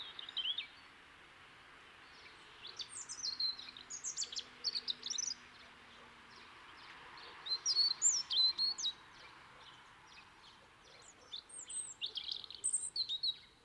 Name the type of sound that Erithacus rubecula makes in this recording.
song